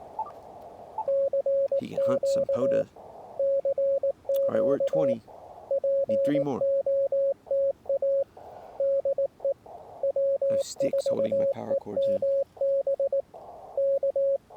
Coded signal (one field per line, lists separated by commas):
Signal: Morse code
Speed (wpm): 19 wpm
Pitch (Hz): 550 Hz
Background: speech, radio noise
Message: CQ CQ POTA DE W4EMB K